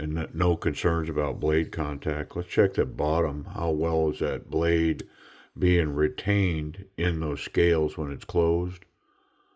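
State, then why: Not seated. Someone talks throughout while handling a CJRB Large Pyrite folding knife, about to close its steel blade into the handle scales to test how well the detent retains it. Nothing has seated or clicked yet; the clip ends with a brief quiet stretch.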